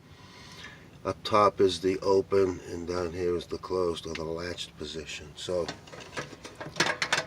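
A person talks while handling the butane canister locking lever on a portable stove. The lever is moved to the open position with ratcheting mechanical clicks at 6.8, 7.0 and 7.1 seconds, releasing the canister so it can come out.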